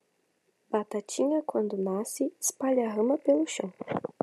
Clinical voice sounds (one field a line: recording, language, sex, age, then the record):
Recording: short text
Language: Brazilian Portuguese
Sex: female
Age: 18 to 19 years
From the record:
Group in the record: control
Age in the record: 19 years